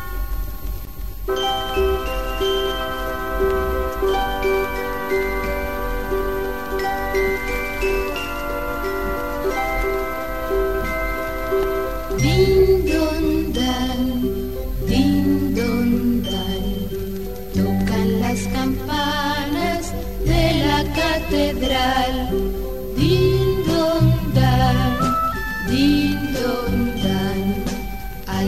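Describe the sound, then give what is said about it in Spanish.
Cathedral bells ring out in the morning, first long overlapping tones that hum and fade, then a busier, rhythmic peal of repeated strikes, loud and steady with no voices. “Por las mañanas, el sol comienza a filtrarse un poco antes de que las campanas de la catedral saluden al día que nace.”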